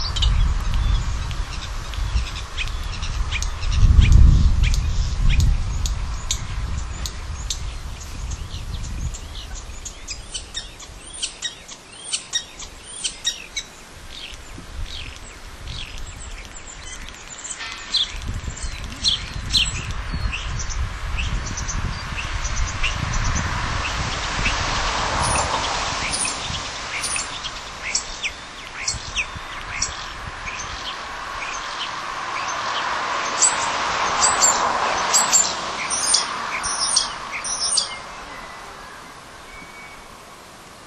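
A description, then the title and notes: A starling calls from a tree in a steady run of clicks, whistles and rattling chatter, with thin high squeaks breaking through near the start and again past the half-minute mark. Low rumbles and a dull thump near four seconds sit underneath, and a rushing wash swells around 25 and 35 seconds. Starling calling. Captured this starling singing non-stop for 60 seconds at Pukekura Parks Shortland street entrance. It was calling from a Kowhai tree.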